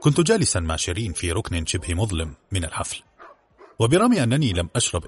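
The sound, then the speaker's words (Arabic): A dog barks a few times in short, sharp bursts, mixed in with a man's steady spoken narration that carries on around it. “كلب آخر نبح في مكان ما فأجفلت.”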